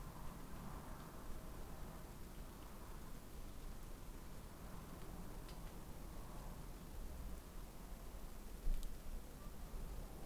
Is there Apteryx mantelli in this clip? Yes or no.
no